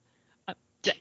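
Two short, sharp cough bursts about 0.35 seconds apart, the second louder and fuller, over a quiet background. A real, spontaneous adult cough, not a demonstration, part of a cough that has lasted about a month.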